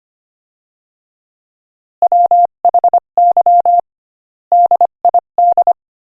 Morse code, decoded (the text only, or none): WHY DID